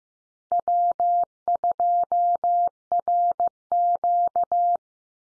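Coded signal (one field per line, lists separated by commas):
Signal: Morse code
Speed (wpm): 15 wpm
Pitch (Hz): 700 Hz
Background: none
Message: W2RQ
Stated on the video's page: Call sign head-copy Morse drill at 15 wpm, each call sign sent three times, then spoken, then sent again.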